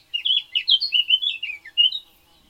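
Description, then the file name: Eurasian blackcap song, one dense warbling phrase of quick chattering notes, ending with a brief higher note. "Sylvia atricapilla"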